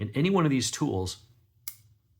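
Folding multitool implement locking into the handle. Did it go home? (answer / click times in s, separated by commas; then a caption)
yes / 1.7 s. Someone talks, then a folding implement on a Roxon S803E Elite multitool is opened until its lock engages, giving a short, sharp click at 1.7 seconds. The implement clicks into its locked position in the handle and is seated.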